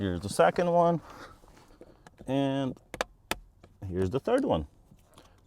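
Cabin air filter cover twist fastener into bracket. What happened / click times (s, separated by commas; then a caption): A plastic twist fastener clicked into its bracket / 3.0 s, 3.3 s. A cabin air filter cover on a BMW iX is refastened without tools, with the third plastic twist fastener of the filter cover turned into its bracket while someone talks. It gives loud, knock-like clicks at 3.0 s and 3.3 s as the fastener seats in.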